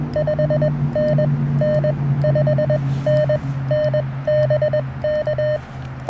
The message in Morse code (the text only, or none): 5N N 5N NBK